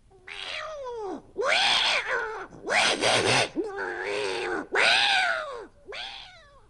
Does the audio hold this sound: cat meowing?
yes